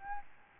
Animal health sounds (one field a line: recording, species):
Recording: mosquito wingbeat signal from an infrared sensor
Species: Aedes albopictus